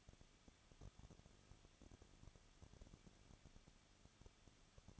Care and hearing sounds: daily activity, microphone in the room; no activity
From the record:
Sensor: 4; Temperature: 23.0 degrees Celsius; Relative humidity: 34.2%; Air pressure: 1007.4 hPa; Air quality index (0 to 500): 213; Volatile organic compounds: 14 ppm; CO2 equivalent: 2452 ppm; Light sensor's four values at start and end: 2/3/1/1 and 2/3/1/1

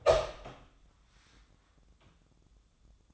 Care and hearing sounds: daily activity, microphone in the room; open door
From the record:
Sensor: 3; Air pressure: 1004.8 hPa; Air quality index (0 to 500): 76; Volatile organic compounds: 2 ppm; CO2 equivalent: 1154 ppm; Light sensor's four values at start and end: 8/19/8/7 and 8/19/8/7

